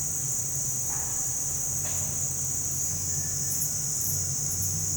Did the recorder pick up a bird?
no